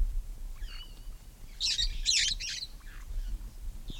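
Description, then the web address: Red-fronted parrot uttering three loud grating squawks in quick succession midway, with faint thin whistled notes before and after. "poicephalus gulielmi"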